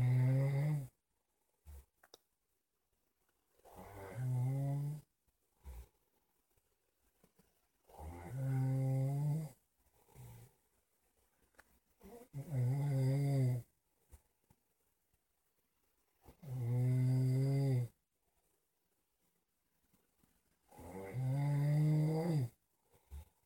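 An adult sleeper snores with low-pitched, buzzing snores that repeat about every four seconds, roughly 14 a minute. Each snore lasts one to two seconds, and there are quiet gaps between them.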